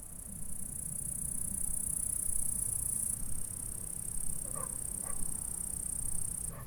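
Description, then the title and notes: Insects stridulating in a continuous high hiss that shifts tone halfway, with a few short other calls near the end. Stridulations in a meadow at Saint-François-de-Sales, France; recorded with a Zoom H4 recorder at high resolution. "M3XG+CF Saint-François-de-Sales, France - insectes. Stridulations dans la prairie. Enregistreur ZoomH4"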